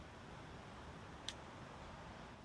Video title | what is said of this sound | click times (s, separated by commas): TLONER, ARES Series 12-P Pocket Size Multitool with Premium Stainless Steel Pliers, Short Dagger | and it locks into place | 1.3 s